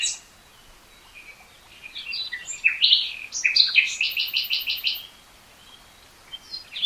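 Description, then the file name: Common nightingale song phrase with soft notes building into a rapid series of loud, evenly repeated notes, then a pause and a final note. "Luscinia megarhynchos"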